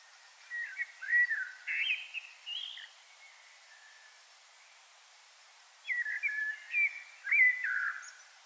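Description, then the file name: Common blackbird song against a faint hiss: one burst of warbled fluting notes, a pause of about three seconds, then a second mellow phrase. "Turdus merula"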